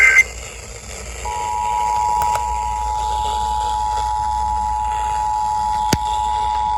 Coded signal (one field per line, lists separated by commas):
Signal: Emergency Alert System (SAME) tones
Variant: 853 and 960 Hz attention tone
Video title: EAS #293 - NWS Charleston SC Severe Thunderstorm Warning (WJWJ-FM)